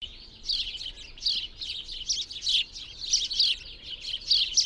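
Bird song of high, bright chirping phrases in many quick, uneven bursts over a soft steady background hiss.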